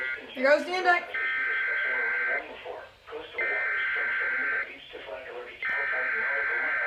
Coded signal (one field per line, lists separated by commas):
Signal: Emergency Alert System (SAME) tones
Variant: header bursts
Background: speech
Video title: They Come And go EAS alerts from 7/12/21 (EAS Alerts #7-12)